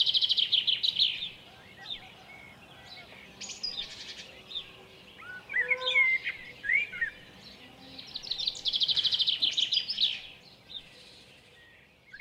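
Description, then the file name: Common blackbird song: brief fluted, swooping phrases and bursts of rapid high twittering. At Lucenay. "merle lucenay"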